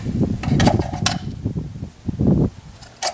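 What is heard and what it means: Steel magazine no. 8 is rocked and pushed into the magazine well of a DS Arms L1A1/FAL-type rifle, producing a series of mechanical clacks, the sharpest at about 1.1 s. The magazine does not latch, so nothing has seated or clicked, and it comes out without the magazine catch being pressed.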